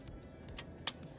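The white tab on each side of the ribbon cable connector on a Porsche PCM3.1 head unit board (Cayenne, Panamera, Macan, 911) is lifted. A fainter tick sounds at 0.6 s, then a sharp click at 0.9 s as the latch releases, over a low steady background hum. The latch clicks open and the ribbon cable is removed.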